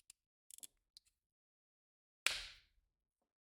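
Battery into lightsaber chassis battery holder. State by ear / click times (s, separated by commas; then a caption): seated / 2.3 s. A lithium cell is pushed home into the battery holder of a removable lightsaber chassis core. A few quiet handling taps come first, around 0.1 s and 0.5–0.6 s, and then a sharp, loud snap at 2.3 s rings out briefly before fading. The battery is seated in the holder.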